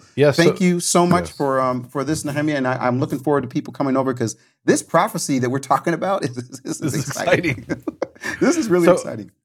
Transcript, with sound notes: So thank you so much for this, Nehemia, and I’m looking forward to people coming over, because this prophesy that we’re talking about is exciting. [laughing]
It’s exciting.
This is really exciting.